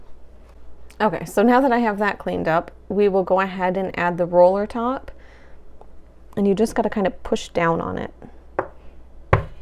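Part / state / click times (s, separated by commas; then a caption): roller ball fitment into the neck of a small glass bottle / seated / 8.6 s, 9.3 s. A plastic roller ball fitment is pressed down by hand into the neck of a small glass cuticle oil bottle while someone talks. Two sharp, loud snaps are heard at 8.6 s and 9.3 s as the roller top snaps into place, seated on the bottle.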